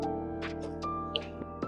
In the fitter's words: and you should hear a clicking sound to let you know it actually attached